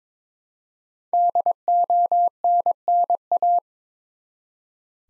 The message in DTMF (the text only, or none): none